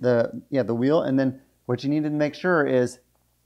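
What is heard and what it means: A hand brake lever on a manual wheelchair wheel is being handled: the lever is pushed forward until the brake bar meets the tire, with a small click at the end of travel confirming the brake is locked. In this clip someone talks throughout, with no distinct mechanical sound. Nothing has seated or clicked yet; the clip ends just before the lever locks home.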